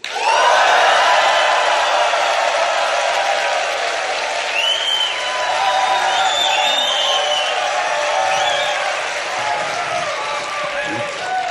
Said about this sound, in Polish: Proszę drogich słuchaczy, nie martwcie się, nie cały czas będzie ten wrzask i ta radość, bo przede wszystkim będzie muzyka, muzyka, która w pewnym sensie otwiera dzisiaj 34. Festiwal Jesień z Bluesem.